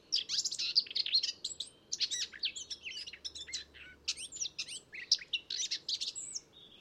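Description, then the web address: Eurasian blackcap song, a fast scratchy warble of high chattering notes running almost continuously, with a brief lull midway and a faint low hum beneath. "SETE data Sylvia atricapilla"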